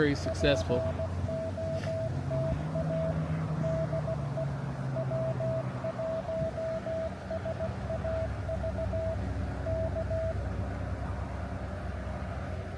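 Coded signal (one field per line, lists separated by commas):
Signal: Morse code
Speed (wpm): 16 wpm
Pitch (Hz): 650 Hz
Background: speech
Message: POTA DE W1SAV K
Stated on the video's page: Morse signals during a park activation, made difficult by conditions.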